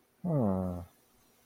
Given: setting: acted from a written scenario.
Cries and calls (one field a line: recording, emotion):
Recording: vocal sound without words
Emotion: realization